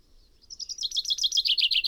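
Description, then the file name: Common chaffinch song, a quickening series of bright notes descending in pitch. "Fringilla coelebs"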